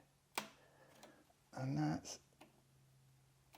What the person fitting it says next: both clicked in place